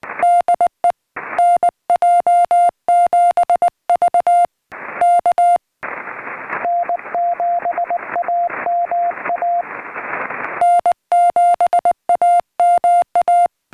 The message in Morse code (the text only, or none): DE NJ7V K N7AMA N7AMA